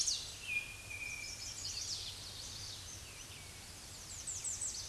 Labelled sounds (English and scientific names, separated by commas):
Chestnut-sided Warbler (Setophaga pensylvanica) song